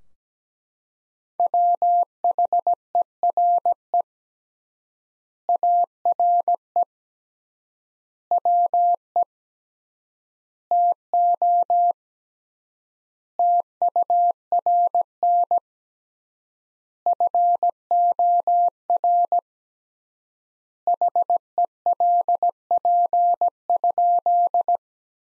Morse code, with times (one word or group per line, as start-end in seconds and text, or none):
1.4-4.0 WHERE
5.5-6.8 ARE
8.3-9.2 WE
10.7-11.9 TO
13.4-15.6 TURN
17.1-19.4 FOR
20.9-24.8 HELP?